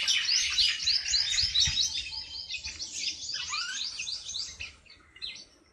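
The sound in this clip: Bird song, a rapid run of high, sharply repeated chirps and twitters, with a short lower slurred whistle near the middle before the singing fades.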